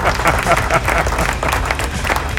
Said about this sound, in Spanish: Así que un aplauso a todos ustedes.